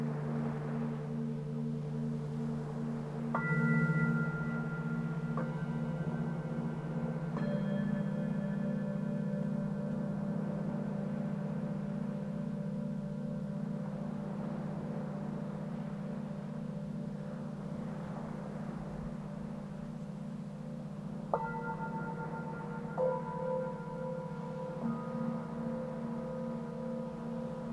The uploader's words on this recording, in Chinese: 海屿音浪 颂钵舒眠。在海边。背景里的海浪声和颂钵皆为现场收音。